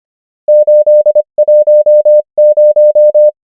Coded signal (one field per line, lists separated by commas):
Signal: Morse code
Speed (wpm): 25 wpm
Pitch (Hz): 600 Hz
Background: none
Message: 8 1 0